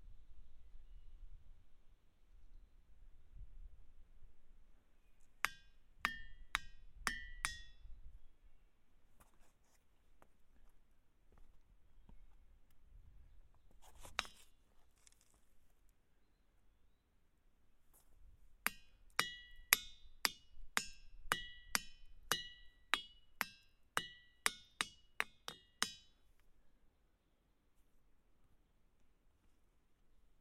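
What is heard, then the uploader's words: A hammer strikes rocks, some giving a bright metallic ring. A burst of five quick blows comes around 5–8 seconds, a lone strike near 14, then a longer run of about a dozen evenly spaced ringing hits from 18 to 26 seconds. Low rumble and soft scuffs fill the gaps. Ringing Rock State Park. The episode is a binaural field recording of me walking around hitting rocks with a hammer for about 20 minutes. Some rocks ‘ring’ while others don’t.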